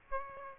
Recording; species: mosquito wingbeat signal from an infrared sensor; Aedes aegypti